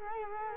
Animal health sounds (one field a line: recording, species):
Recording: mosquito wingbeat signal from an infrared sensor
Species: Culex quinquefasciatus